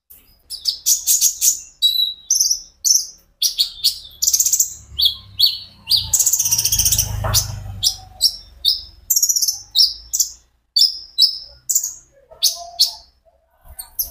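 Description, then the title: Van Hasselt's sunbird song: steady series of high, piercing chirps and short trills, with a low rumbling noise building up midway. Caged bird, a konin ijoan, singing constantly (gacor); recording meant as a lure and training aid to make untrained sunbirds answer. "KOLIBRI NINJA KONIN IJOAN GACOR COCOK UNTUK PANCINGAN TERAPI KONIN BAHAN PASTI NYAUT"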